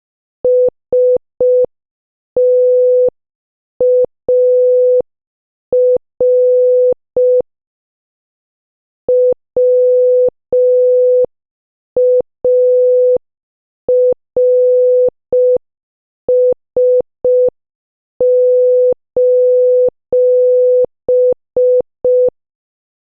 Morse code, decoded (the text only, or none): STAR WARS: